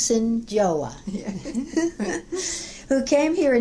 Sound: both laugh

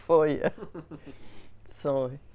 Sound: they laugh

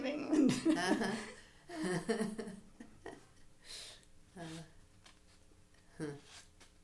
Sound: laughs

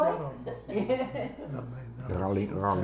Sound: she laughs

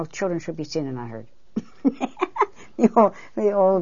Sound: she laughs

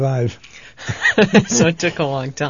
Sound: they laugh

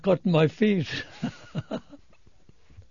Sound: laughs

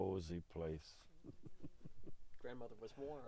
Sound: he laughs

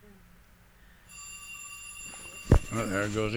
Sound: a telephone rings

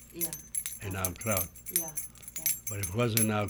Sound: the sound of keys jingling is heard on the tape

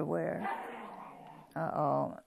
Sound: dog growls

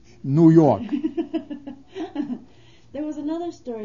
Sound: she laughs

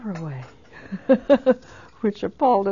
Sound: she laughs

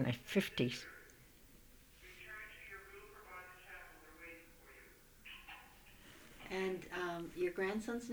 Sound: an announcement being given over the public address system is heard on the tape

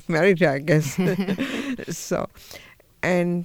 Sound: they laugh

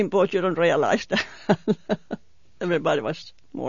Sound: she laughs

